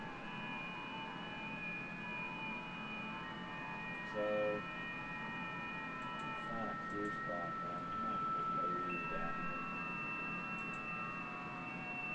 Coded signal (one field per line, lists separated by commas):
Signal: FT8